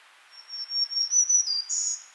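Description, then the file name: Black-throated green warbler singing a high, wiry string of buzzy notes that holds steady, then ends with a short dip and a higher buzzy flourish. "Setophaga virens - Black-throated Green Warbler"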